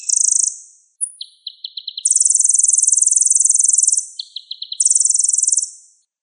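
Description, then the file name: Sunbird singing shrill, buzzy trills broken by runs of five or six sharp lower ticks, with one long trill in the middle and a shorter one at the end, no other sounds. Clear sound. "suara burung kolibri ninja jernih"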